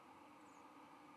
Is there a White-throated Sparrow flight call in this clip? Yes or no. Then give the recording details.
no. Another species' flight call is heard. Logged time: 11:05 on 13 November 2014